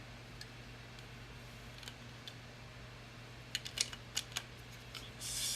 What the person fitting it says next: snaps right in there